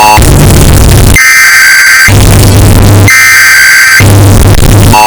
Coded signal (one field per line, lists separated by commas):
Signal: Emergency Alert System (SAME) tones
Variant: header bursts